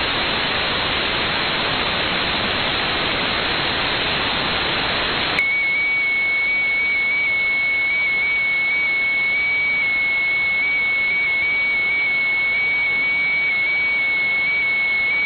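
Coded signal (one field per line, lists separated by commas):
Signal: FT8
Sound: loud hiss for five seconds, then a steady warbling tone with tiny pitch steps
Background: radio static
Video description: an odd and even FT8 ID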